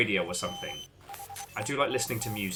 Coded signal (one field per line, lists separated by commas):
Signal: Morse code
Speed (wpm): 24 wpm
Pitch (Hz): 800 Hz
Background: speech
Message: IN HEAT